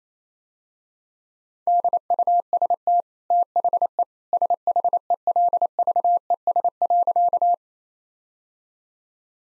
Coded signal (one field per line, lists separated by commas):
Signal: Morse code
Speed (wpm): 28 wpm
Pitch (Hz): 700 Hz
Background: none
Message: DUST THE SHELVES.